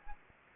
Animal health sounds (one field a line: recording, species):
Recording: mosquito wingbeat signal from an infrared sensor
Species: Anopheles gambiae